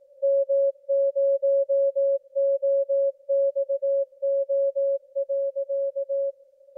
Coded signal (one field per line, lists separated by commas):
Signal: Morse code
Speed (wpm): 18 wpm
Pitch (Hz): 550 Hz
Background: music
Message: M0OXO.